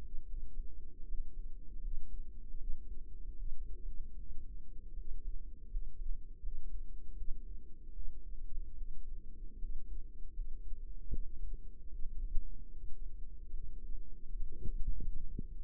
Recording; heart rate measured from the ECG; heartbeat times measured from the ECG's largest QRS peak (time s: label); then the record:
heart sounds by microphone in the right ear; 77 bpm
0.23 s: heartbeat
1.04 s: heartbeat
1.77 s: heartbeat
2.55 s: heartbeat
3.33 s: heartbeat
4.13 s: heartbeat
4.92 s: heartbeat
5.66 s: heartbeat
6.38 s: heartbeat
7.12 s: heartbeat
7.90 s: heartbeat
8.72 s: heartbeat
9.56 s: heartbeat
10.31 s: heartbeat
11.07 s: heartbeat
11.86 s: heartbeat
12.67 s: heartbeat
13.48 s: heartbeat
14.26 s: heartbeat
14.99 s: heartbeat
From the record:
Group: healthy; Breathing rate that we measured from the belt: 14 breaths a minute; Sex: female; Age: 22 years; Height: 171 cm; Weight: 65.6 kg